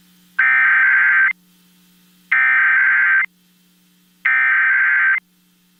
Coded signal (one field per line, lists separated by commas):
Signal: Emergency Alert System (SAME) tones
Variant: header bursts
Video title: Tests to Close Out September (EAS #29148-29181) 9/30/25